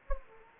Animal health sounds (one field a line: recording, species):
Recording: mosquito wingbeat signal from an infrared sensor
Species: Anopheles gambiae